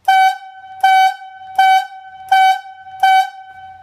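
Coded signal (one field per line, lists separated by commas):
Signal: whistle signal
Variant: logging yarder whistle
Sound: five short, even, buzzy horn blasts, all the same pitch and length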